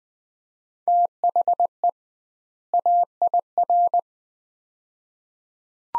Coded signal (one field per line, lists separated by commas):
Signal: Morse code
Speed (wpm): 21 wpm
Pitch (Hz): 700 Hz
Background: none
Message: THE AIR